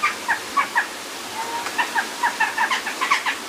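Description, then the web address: Bird calls given rapidly and repeatedly in short bursts over steady background noise. "Birds GO Birds Various"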